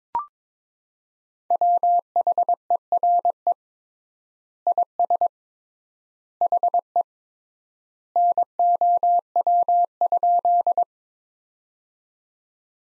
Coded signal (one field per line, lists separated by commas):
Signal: Morse code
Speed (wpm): 22 wpm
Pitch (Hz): 700 Hz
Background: none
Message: WHERE IS HE NOW?